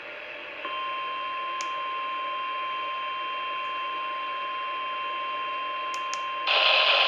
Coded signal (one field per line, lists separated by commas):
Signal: Emergency Alert System (SAME) tones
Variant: 1050 Hz attention tone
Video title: AMBER Alert Texas and ENHANCED RISK OF SPC EAS Alerts From 3/14/24 (EAS#749 - #765)